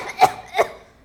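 Two short, dry cough bursts about 0.4 seconds apart, acted by a child.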